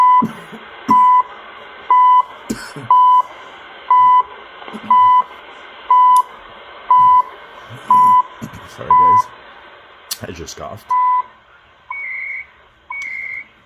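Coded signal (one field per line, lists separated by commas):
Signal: radio time signal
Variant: CHU Canada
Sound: short 1 kHz beeps once per second, about eleven, one skipped, then two higher tones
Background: radio static, faint voice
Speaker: chu canada coordinated universal science 22 hours 12 minutes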